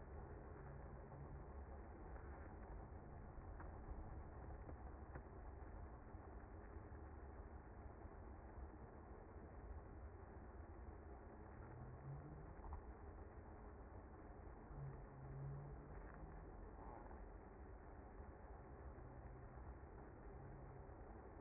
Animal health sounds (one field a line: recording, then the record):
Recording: honeybee colony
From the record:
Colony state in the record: active